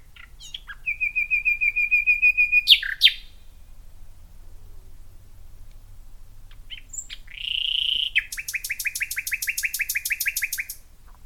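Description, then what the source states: Common Nightingale singing a steady, rapidly pulsed note for about two seconds. After a short gap comes a rich, fast rattling trill of repeated notes. Solo nightingale singing from the depths of some scrub at Knepp under a full moon.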